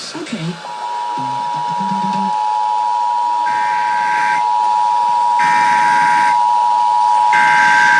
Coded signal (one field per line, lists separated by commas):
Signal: Emergency Alert System (SAME) tones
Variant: 853 and 960 Hz attention tone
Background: speech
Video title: Pennsylvania Required Monthly Tests (4/15/21)(EAS 667-673)